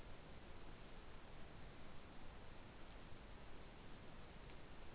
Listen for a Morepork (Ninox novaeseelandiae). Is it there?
no